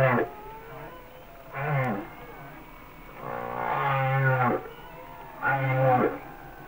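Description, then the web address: Humpback whale song: low droning moans paired with harmonic, downward-sliding cries, in four bursts spaced a couple of seconds apart. "Natures Songs Whale Songs Sounds of Nature - Humpback Whales"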